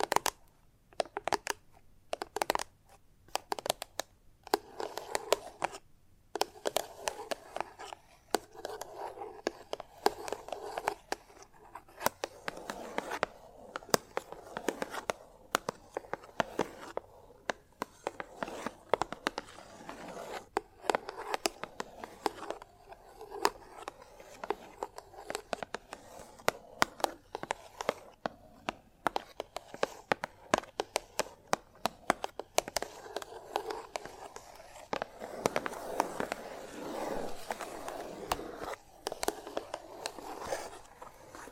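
Chalk tapping and scratching in quick irregular strokes, sharp clicks throughout, with denser raspy scraping around thirty-five seconds.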